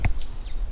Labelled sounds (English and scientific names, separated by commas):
Stitchbird (Notiomystis cincta) song